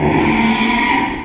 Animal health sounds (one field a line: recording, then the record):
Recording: squeal of a Yucatan mini pig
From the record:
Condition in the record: after surgery on the right vocal fold (resection and tissue-engineered implant)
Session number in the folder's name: 2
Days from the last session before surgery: 13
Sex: male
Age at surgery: 12 weeks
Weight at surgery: 13 kg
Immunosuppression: cyclosporine, prednisolone